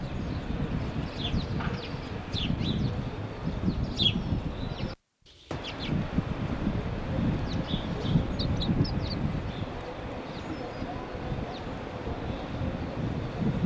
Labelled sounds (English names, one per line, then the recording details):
Common Redpoll call
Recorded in the wild
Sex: male
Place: Kuchelmiß, Mecklenburg-Vorpommern, DE
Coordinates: 53.667, 12.347
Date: 1978-05-01
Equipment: Nagra III BH, Sennheiser MD 21, parabola
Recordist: Schubert, Michael